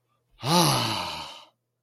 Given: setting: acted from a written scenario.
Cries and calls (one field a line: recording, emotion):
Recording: vocal sound without words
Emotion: relief